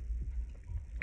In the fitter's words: с одной стороны она защелкивается таким характерным щелчком вот